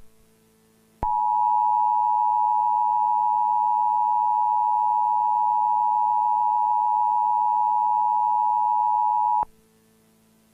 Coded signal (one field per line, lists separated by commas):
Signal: Emergency Alert System (SAME) tones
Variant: 853 and 960 Hz attention tone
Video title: Another EAS Video lol ("fake!"🤓)